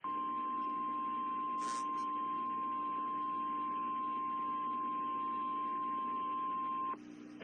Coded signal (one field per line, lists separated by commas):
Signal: Emergency Alert System (SAME) tones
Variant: 1050 Hz attention tone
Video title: Menomonie WI Severe Thunderstorm Warning WXJ88 7 24 PM NOAA EAS 5 9 22